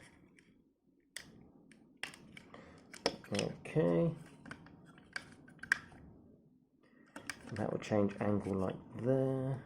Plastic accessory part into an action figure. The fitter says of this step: okay I see this should snap into place